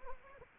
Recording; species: mosquito wingbeat signal from an infrared sensor; Anopheles arabiensis